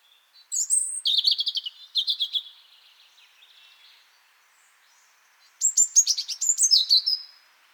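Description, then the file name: European robin singing rapid, high trilled phrases and tinkling notes, a brief lull of soft twittering, then another bright burst of sharp, shimmering notes. "Erithacus rubecula"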